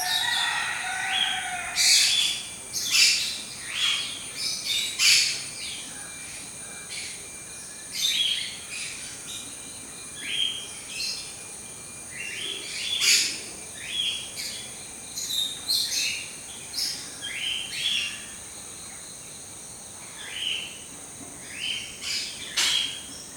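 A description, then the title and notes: Birds call and chirp outdoors, short bright notes arriving every second or two throughout. A steady high insect-like hiss runs underneath, with a brief lower warble near the start. Refreshing Nature Ambience with Birds Sounds.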